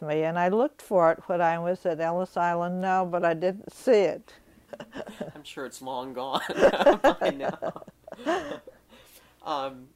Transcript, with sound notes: And I looked for it when I was at Ellis Island now but I didn't see it. (she laughs)
I'm sure it's long gone. (they laugh)
I know.